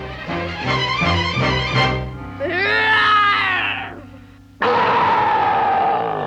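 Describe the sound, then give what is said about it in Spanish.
A voice tries to roar like a bear in a Spanish-language Disney The Jungle Book story recording, first with a rising and falling strained cry, then a loud, rough, growling burst, over steady tonal music. “Lo que quiero es un rugido de oso mayor.”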